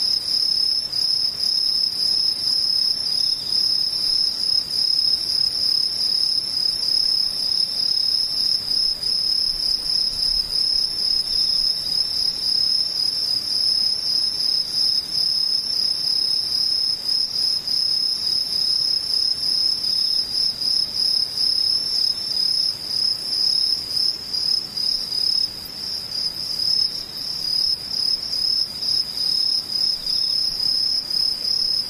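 Insects trill without a break for the whole clip, a dense, high, piercing chorus that holds at one even loudness. The steady buzzing shimmer sits high above a faint, quiet background, with no other clear sounds.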